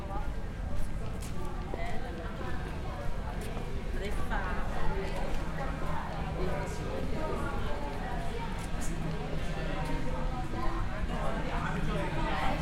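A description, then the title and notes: Bustling crowd chatter from many voices runs steadily throughout, with scattered sharp footsteps and clopping taps and a low rumble underneath. Binaural Roman City Walk | City of Bath. The sounds of echoing footsteps, distant chatter, and bustling crowds. Walk through the historic city of Bath.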